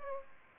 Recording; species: mosquito wingbeat signal from an infrared sensor; Aedes aegypti